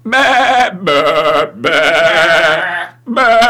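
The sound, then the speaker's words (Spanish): A black sheep bleats loudly several times in a row, each call a wavering, nasal baa, with one longer drawn-out cry in the middle and the last one cut short. “En un lejano país, hace muchos, muchos años, existió una oveja negra.”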